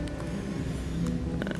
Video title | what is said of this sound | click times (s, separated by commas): [TUTORIAL] Cara Pakai Lensa Manual Minolta MD ke kamera SONY Mirrorless | ini udah ngeklik, main aperture itu dia nggak lepas. | 1.4 s